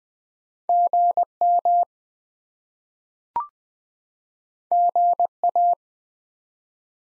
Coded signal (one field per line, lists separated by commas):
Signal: Morse code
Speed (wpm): 20 wpm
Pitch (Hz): 700 Hz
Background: none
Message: GM GA